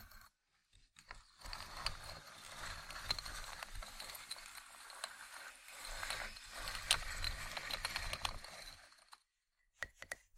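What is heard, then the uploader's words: Wooden ASMR triggers: dense, steady rattling and clicking scrapes from about one to nine seconds, then silence broken by a few sharp taps. ASMR Wooden Triggers 1hour（No Talking）.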